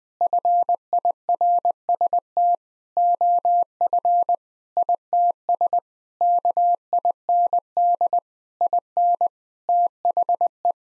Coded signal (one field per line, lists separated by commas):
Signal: Morse code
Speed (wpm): 20 wpm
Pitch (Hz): 700 Hz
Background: none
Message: FIRST OF ITS KIND IN THE